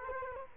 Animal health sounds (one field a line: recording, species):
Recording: mosquito wingbeat signal from an infrared sensor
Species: Culex quinquefasciatus